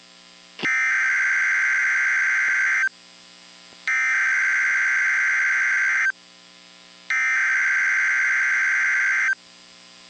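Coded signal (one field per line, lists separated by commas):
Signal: Emergency Alert System (SAME) tones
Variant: header bursts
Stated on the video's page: Tennessee statewide AMBER Alert child abduction emergency on NOAA Weather Radio.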